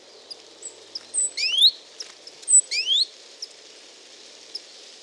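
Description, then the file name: Great tit giving two bursts of quick rising upswept notes about a second apart, with scattered thin high ticks and a quiet hiss throughout. "Parus major"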